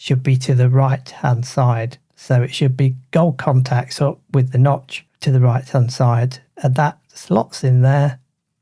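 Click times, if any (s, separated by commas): none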